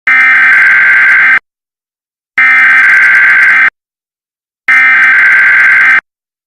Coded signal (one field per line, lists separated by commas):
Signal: Emergency Alert System (SAME) tones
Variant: header bursts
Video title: EAS Scenario #1 - PJ Masks Villians pt1